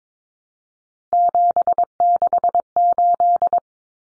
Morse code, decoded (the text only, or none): 768